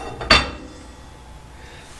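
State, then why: Released. A steel rear axle shaft is pulled out of the axle housing of a GM 14-bolt rear axle. At 0.3 s there is a single sharp, bright metallic click, followed by a low quiet tail. The click marks the shaft releasing from the locker inside the differential.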